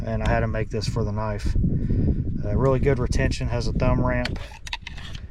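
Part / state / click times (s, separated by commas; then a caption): fixed-blade knife into its retention sheath / seated / 4.7 s. A fixed-blade knife with a micarta handle is pushed into its custom-made retention sheath, which has a thumb ramp and a leather belt strap. Someone talks, then the knife seats in the sheath with a sharp click at 4.7 s, followed by two fainter clicks.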